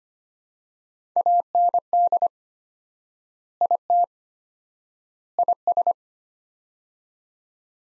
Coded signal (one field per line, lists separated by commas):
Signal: Morse code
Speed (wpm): 25 wpm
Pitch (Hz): 700 Hz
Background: none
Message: AND IT IS